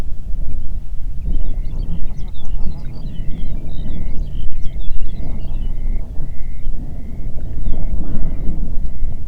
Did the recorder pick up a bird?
yes